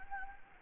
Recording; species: mosquito wingbeat signal from an infrared sensor; Anopheles gambiae